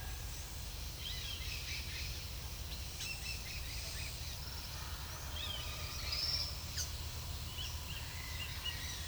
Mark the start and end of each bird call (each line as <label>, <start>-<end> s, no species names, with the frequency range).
bird call (1.4-6.8 kHz), 0.80-2.19 s
bird call (1.5-7.1 kHz), 2.90-4.37 s
bird call (1.2-6.2 kHz), 5.26-6.58 s
bird call (0.9-5.3 kHz), 7.54-9.07 s